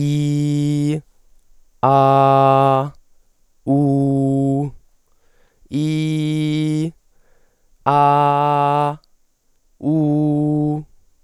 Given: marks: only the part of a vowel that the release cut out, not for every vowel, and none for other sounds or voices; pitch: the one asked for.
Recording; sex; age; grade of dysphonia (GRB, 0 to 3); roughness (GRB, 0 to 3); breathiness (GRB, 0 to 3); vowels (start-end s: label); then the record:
sustained vowels; male; 20 to 29 years; 0; 0; 0
0.00-0.90 s: vowel /i/, normal pitch
1.87-2.78 s: vowel /a/, normal pitch
3.73-4.59 s: vowel /u/, normal pitch
5.79-6.81 s: vowel /i/, high pitch
7.91-8.87 s: vowel /a/, high pitch
9.90-10.71 s: vowel /u/, high pitch
From the record:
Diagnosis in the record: healthy voice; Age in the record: 20 years